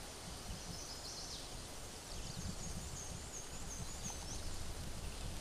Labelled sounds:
Black-and-white Warbler song
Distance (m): 55 m
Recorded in a Pennsylvania forest on 17 May 2023 at 12:06
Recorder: AudioMoth, point grid1_28_low
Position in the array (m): 49 m, 120 m

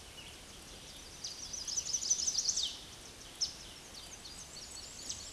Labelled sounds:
Black-and-white Warbler song
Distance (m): 55 m
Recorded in a Pennsylvania forest on 18 May 2023 at 11:16
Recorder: AudioMoth, point grid1_25_low
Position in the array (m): 51 m, 219 m

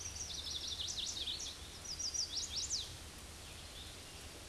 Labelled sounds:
Chestnut-sided Warbler song
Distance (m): 45 m
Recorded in a Pennsylvania forest on 18 May 2023 at 09:48
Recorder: AudioMoth, point grid1_10_low
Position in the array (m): 14 m, 88 m

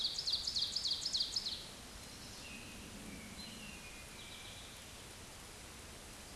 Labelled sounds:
Ovenbird song
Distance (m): 45 m
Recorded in a Pennsylvania forest on 17 May 2023 at 13:25
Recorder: AudioMoth, point grid1_2_low
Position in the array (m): 148 m, 63 m

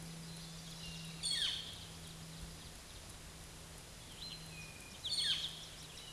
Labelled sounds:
Eastern Towhee song
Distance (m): 65 m
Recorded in a Pennsylvania forest on 17 May 2023 at 13:27
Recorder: AudioMoth, point grid1_36_low
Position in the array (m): 109 m, 102 m

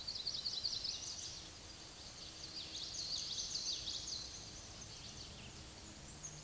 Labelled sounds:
Black-and-white Warbler song
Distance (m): 20 m
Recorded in a Pennsylvania forest on 19 May 2023 at 10:37
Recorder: AudioMoth, point grid1_28_low
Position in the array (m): 87 m, 64 m

